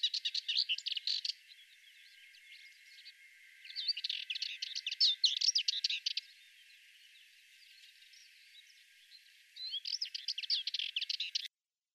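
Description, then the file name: Sardinian warbler song: three fast, rattling, scratchy phrases, each lasting a couple of seconds, with quiet gaps between them. "Fauvette melanocephale"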